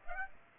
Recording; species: mosquito wingbeat signal from an infrared sensor; Aedes aegypti